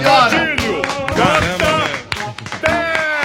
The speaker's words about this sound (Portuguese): Até o pessoal lá fora tá aplaudindo.